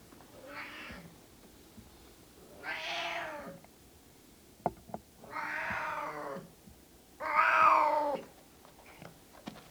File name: Miauwen van een kater - Sound Cloud - Beeld en Geluid